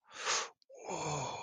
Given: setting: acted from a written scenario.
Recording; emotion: vocal sound without words; realization